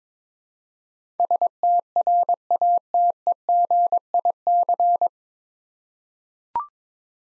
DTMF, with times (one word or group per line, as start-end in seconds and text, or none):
none